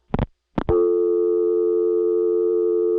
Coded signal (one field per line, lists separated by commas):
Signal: telephone call progress tone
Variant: North America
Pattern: dial tone